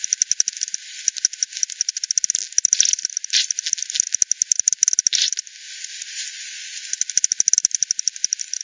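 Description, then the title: Bat echolocation pulses ticking rapidly, with a few short smeared bursts of sound in the middle before the steady clicking returns. Multiple bats at the Hogsmill River, Hogsmill Lane, 7 October 2020 at 18:10 UTC; recorded with frequency division by ten, band-pass filtered and resampled. "bat 20201007 T 18 : 10 Z-Hogsmill-Lane-Hogsmill-River-multiple-bats"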